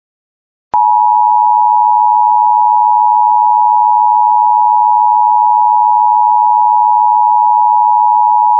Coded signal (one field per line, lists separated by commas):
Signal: Emergency Alert System (SAME) tones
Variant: 853 and 960 Hz attention tone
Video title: A Not So Bad Start To The Severe Weather Season! EAS Alerts from 3/7/2026 (EAS 139-158)